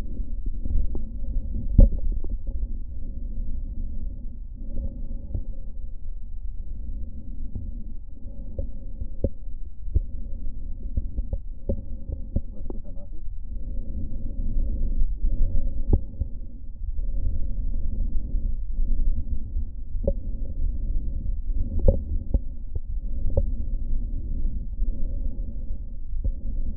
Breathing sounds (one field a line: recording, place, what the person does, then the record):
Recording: lung sounds by stethoscope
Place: right posterior apical chest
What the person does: quiet breathing, then deep breathing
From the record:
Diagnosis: none (healthy)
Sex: male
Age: 60 years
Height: 190 cm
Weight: 150 kg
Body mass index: 41.6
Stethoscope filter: diaphragm mode